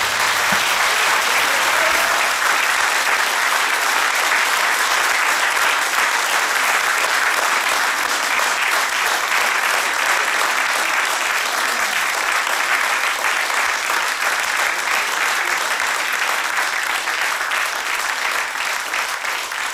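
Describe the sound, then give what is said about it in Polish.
Sustained applause from a large audience, a dense, steady roar of many hands clapping at an even loudness for about twenty seconds with no voices standing out. “wielkie brawa.”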